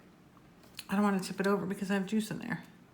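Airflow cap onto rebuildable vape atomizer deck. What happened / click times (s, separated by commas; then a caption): Handled, not yet home: the cap has not locked into place / none. An airflow cap is being lined up by hand over the coil on the deck of a Condor RDA rebuildable vape atomizer by Fitcloud, kept upright because there is juice inside. After a faint handling tap near 0.8 s, someone talks for the rest of the clip. The cap has not seated or clicked into place yet.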